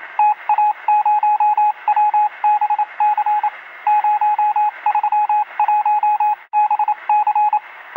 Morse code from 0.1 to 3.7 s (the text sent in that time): TA0WBC